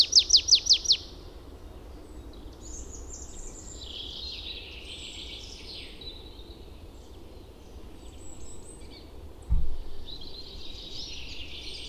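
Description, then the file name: Marsh tit calls open with a fast burst of about six high notes, followed by soft twittering and a single dull thump. "Poecile palustris"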